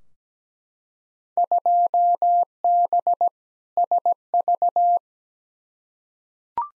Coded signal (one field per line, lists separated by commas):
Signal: Morse code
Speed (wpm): 17 wpm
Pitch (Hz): 700 Hz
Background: none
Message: 2B SV